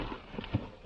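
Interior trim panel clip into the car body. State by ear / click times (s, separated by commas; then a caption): seated / 0.4 s. An interior trim panel clip is pushed home into the car body of a 2023 GR Corolla while the trim is reassembled after routing amp and sub wiring, and someone talks as it goes in. One short, sharp hit is heard at 0.4 s as the clip snaps in and seats.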